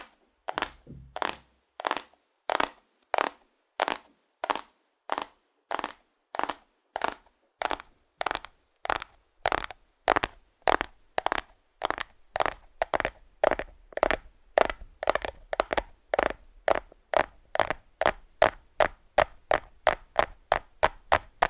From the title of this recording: ASMR Fast Aggressive Cardboard Tapping